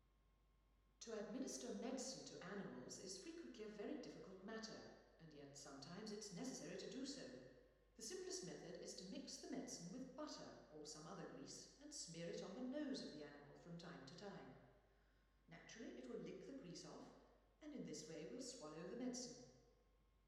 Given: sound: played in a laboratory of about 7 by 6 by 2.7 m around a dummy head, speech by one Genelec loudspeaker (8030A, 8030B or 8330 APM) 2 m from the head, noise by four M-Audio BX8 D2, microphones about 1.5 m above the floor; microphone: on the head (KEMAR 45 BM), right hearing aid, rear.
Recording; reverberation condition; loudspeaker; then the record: female speech in English; high; 150 degrees to the right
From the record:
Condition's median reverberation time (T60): about 1300 ms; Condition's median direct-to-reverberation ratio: about -4.0 dB